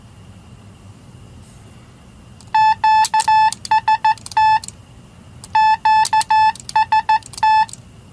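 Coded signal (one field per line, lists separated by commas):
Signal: Morse code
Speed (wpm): 14 wpm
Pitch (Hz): 870 Hz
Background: none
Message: QST QST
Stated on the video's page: Sent with a fully-automatic rotary bug whose single oscillating pendulum makes both dots and dashes.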